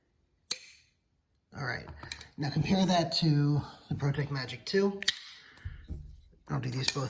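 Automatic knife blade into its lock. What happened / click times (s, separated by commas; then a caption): A spring-driven metal lock snapped into place / 0.5 s. The automatic version of a Microtech Socom Elite knife is fired again, because the hand muffled the sound the first time, and its blade lock engages with a loud, sharp click at 0.5 s. Someone then talks.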